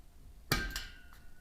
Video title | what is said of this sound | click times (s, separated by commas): MetalTech SCAFFOLD Build & Review | lock you just step on them in place just like that | 0.5 s